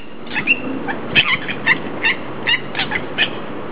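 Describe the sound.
Eurasian coot calls, a series of short sharp notes at uneven intervals over steady background noise.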